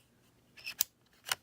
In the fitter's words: put it in. You hear it snap, mouth closes, and pull all the way back.